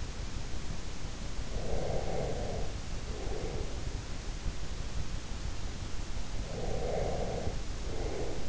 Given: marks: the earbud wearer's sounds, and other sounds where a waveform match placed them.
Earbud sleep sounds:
sounds in sleep by an in-ear microphone; breath
1.55-4.12 s: breath
6.38-8.49 s: breath

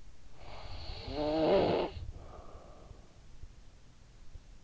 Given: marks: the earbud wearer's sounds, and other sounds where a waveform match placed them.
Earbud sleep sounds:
sounds in sleep by an in-ear microphone; snoring breath
0.00-3.49 s: snoring breath

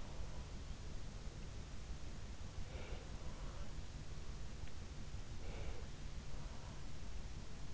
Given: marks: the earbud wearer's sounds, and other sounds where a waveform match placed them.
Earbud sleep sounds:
sounds in sleep by an in-ear microphone; breath
2.55-3.21 s: breath
5.20-5.98 s: breath

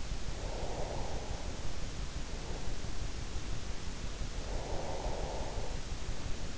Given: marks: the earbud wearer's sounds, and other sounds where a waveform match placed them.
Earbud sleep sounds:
sounds in sleep by an in-ear microphone; breath
0.33-2.80 s: breath
4.45-6.52 s: breath

